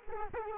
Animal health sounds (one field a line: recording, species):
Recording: mosquito wingbeat signal from an infrared sensor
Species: Culex quinquefasciatus